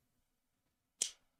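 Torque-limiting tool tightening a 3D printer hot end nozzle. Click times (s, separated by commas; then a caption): 1.0 s. A torque-limiting tool tightens the nozzle of a Positron v3.2 3D printer hot end and clicks once at 1.0 s. The click is short and sharp, strongest in the high frequencies, and marks the exact torque needed to hold the hot end in place reliably.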